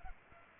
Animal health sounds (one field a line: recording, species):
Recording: mosquito wingbeat signal from an infrared sensor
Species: Culex pipiens